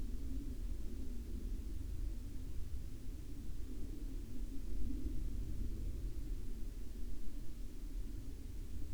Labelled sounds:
aircraft
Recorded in the Arctic National Wildlife Refuge, Alaska, on 11 May 2019 at 22:49
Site 44

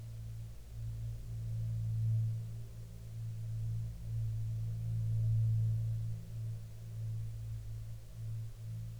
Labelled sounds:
aircraft
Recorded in the Prudhoe Bay oil fields, Alaska, on 15 June 2019 at 13:24
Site 16

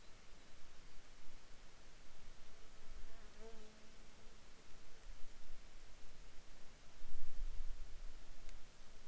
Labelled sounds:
insects
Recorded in Ivvavik National Park, Yukon, on 4 July 2019 at 08:45
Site SINP10

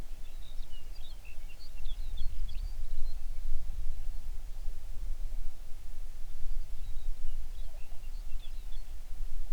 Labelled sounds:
songbird
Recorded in the Prudhoe Bay oil fields, Alaska, on 11 June 2019 at 05:02
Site 21

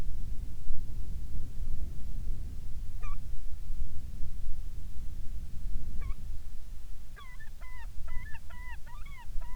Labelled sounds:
bird
wind
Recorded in the Arctic National Wildlife Refuge, Alaska, on 10 July 2019 at 18:49
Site 44

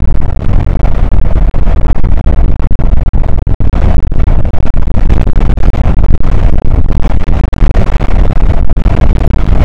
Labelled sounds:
wind
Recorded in the Prudhoe Bay oil fields, Alaska, on 8 May 2019 at 00:01
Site 24

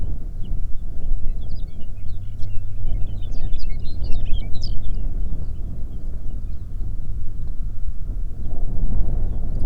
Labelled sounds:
songbird
wind
aircraft
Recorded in the Arctic National Wildlife Refuge, Alaska, on 20 May 2019 at 12:01
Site 38

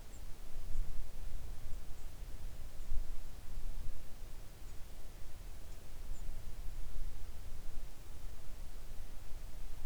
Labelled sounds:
songbird
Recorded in the Arctic National Wildlife Refuge, Alaska, on 3 August 2019 at 06:14
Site 41

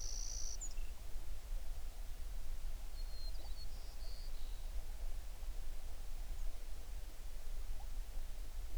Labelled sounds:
songbird
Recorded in the Prudhoe Bay oil fields, Alaska, on 11 June 2019 at 05:34
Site 21

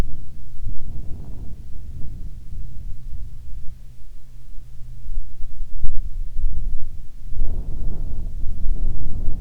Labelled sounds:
wind
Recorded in the Prudhoe Bay oil fields, Alaska, on 7 August 2019 at 14:21
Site 17

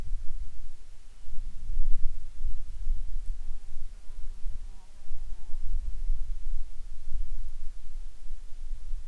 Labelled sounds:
wind
insects
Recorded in the Arctic National Wildlife Refuge, Alaska, on 10 July 2019 at 18:15
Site 44

